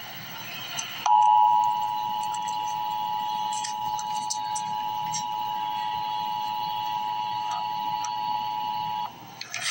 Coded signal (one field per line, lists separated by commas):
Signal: Emergency Alert System (SAME) tones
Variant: 853 and 960 Hz attention tone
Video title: Emergency Alert System - Winter Weather Advisory - Feb 6, 2026 at 1:31 AM EST